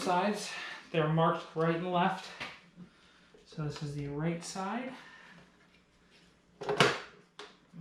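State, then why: Seated. Someone talks while the right-side plastic trim piece is pushed into the front bumper of a BMW E46 with M-Tech 2 bumper. A sharp snap is heard at about 6.8 seconds, followed by a smaller tap. The trim piece seats as its locking tabs engage the holes in the bumper.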